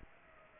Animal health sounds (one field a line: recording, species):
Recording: mosquito wingbeat signal from an infrared sensor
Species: Aedes aegypti